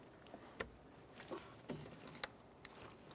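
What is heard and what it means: A wiring harness connector is slid onto a loose ignition coil pack, still free in its bracket, on a 2001–2005 Ford Sport Trac XLT. Faint rustling and small ticks lead up to a sharp latch click at 2.2 s, and the connector seats. It is then tugged to confirm it holds.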